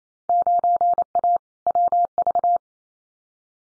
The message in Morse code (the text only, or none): 9A WV